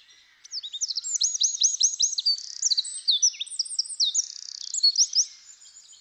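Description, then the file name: Eurasian wren singing a loud, fast stream of high metallic notes and rattling trills, shifting through several repeated phrases for about five seconds before fading. "Troglodytes troglodytes"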